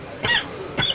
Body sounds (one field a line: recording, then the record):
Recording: coughing mixed with background sound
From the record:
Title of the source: Dry Afternoon Cough